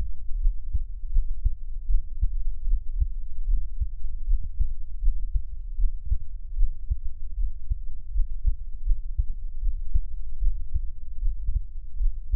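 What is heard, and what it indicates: Steady, regular low heartbeat thumps at about 75 a minute from an adult's own heart, recorded close for ASMR listening, with no talking.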